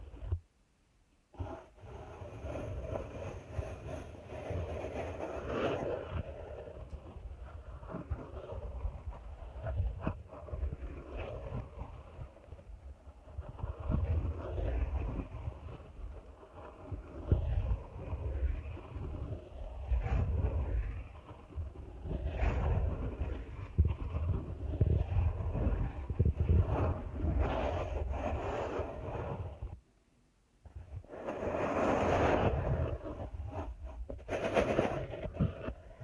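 Deep ear canal massage: dense, rubbing and rumbling sounds that are heavy in the low end and rustle on top. The texture surges and eases unevenly throughout, with a brief silence near the start and another sharp break around thirty seconds before it resumes.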